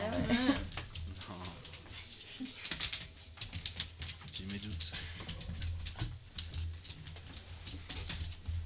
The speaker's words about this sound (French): Oh, j'entends des petits pas de chien.